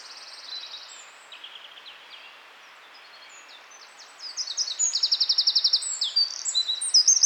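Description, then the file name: Eurasian wren song, quiet high twittering at first, then a loud, fast, metallic trill of rapidly repeated notes building toward the end. "Troglodytes troglodytes"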